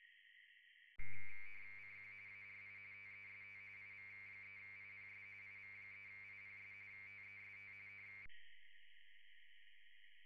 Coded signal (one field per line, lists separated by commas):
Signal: RTTY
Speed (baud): 45.45 baud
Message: CQ ARI TEST IV3IPS IV3IPS TEST